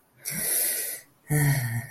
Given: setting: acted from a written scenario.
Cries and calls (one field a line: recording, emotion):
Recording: vocal sound without words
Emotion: romantic love